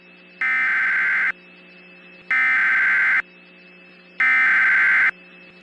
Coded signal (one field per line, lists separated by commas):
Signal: Emergency Alert System (SAME) tones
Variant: header bursts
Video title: *VALID TONES* Thanksgiving EAS Scenario: "11/24/16"